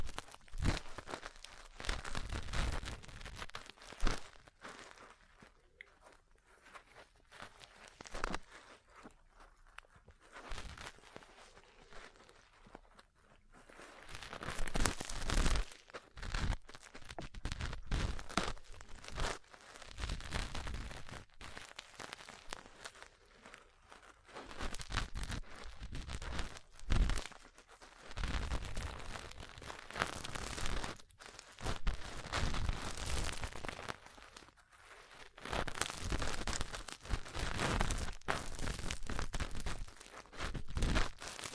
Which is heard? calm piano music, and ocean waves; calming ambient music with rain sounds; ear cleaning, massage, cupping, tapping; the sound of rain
ear cleaning, massage, cupping, tapping